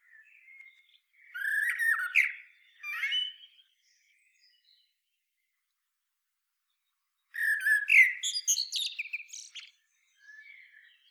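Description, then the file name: Eurasian blackbird song: two warbling phrases about four seconds apart, each with rich mid-pitched notes breaking into thin, high chattering squeaks, with a few faint notes before and after. "Turdus merula"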